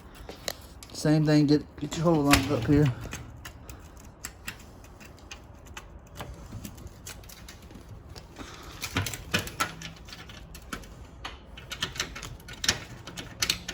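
A stove component is handled and lined up with its mounting hole on the stove body while someone talks. Several short knocks and taps from the handling are heard through the clip. Nothing has seated or clicked into place yet.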